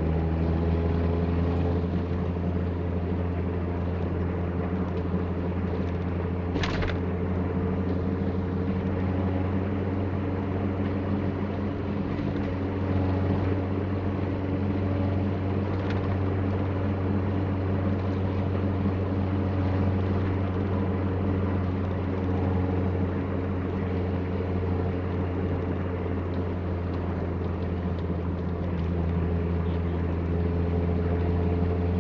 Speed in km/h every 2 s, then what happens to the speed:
57, 58, 59, 61, 62, 62, 63, 63, 62, 61, 61, 60, 58, 56, 57, 58.
0-32 steady at about 60.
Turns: none.